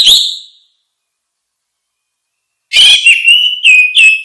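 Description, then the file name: Orange-headed thrush: the tail of one whistled note, a pause, then a lively phrase of sliding whistles and quick clipped notes. "suara kicau burung anis merah luar biasa"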